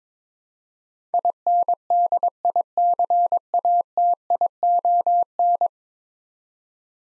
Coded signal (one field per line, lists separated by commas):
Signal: Morse code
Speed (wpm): 21 wpm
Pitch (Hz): 700 Hz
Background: none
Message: INDICATION